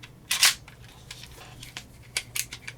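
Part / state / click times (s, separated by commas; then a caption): pistol recoil spring assembly into slide/barrel / not seated / none. A first attempt to fit the recoil spring assembly into the slide and barrel while putting the slide back on an FN 503 compact 9mm pistol: a loud bright scrape around 0.3–0.5 s, then a few short, sharp ticks and taps scattered through the rest of the clip. The spring is not centered and hangs up, so nothing has seated or clicked yet.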